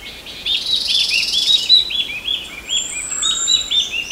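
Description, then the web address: Mountain wren-babbler calling in a rapid chattering stream of short upturned chirps, with a long high whistle above. Recorded on Mount Kinabalu at Bukit Ular, 14 August 2009. "MTKINABALUBUKITULAR. mountain wren-babbler"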